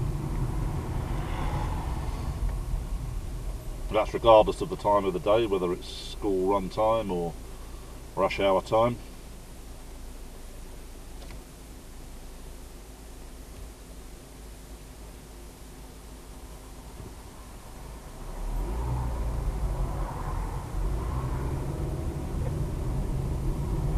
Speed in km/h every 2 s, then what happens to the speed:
6, 0, 0, 0, 0, 0, 0, 0, 6, 13, 21, 24.
1-15 standing. 15-20 pulls away to 21.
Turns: none.